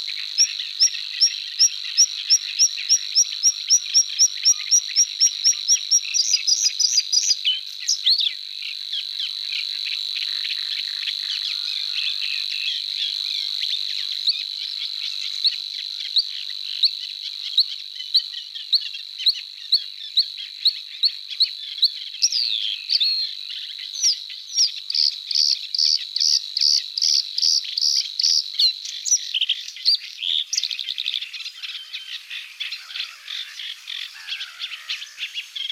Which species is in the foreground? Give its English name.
Bluethroat